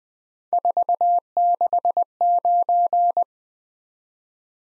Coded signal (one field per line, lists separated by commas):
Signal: Morse code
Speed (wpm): 20 wpm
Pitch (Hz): 700 Hz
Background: none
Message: 469